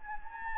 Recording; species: mosquito wingbeat signal from an infrared sensor; Anopheles gambiae